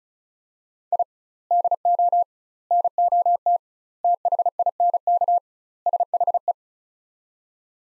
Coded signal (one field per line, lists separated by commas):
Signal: Morse code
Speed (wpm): 36 wpm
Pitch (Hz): 700 Hz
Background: none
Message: I DO NOT THINK SHE